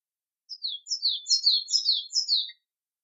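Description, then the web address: Bird song, a quick two-second phrase of high, sweeping chirps that slide downward, delivered in a rapid run. Native forest bird. "vogel februar vogel f 4 heimisch"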